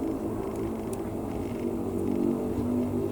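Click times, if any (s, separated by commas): none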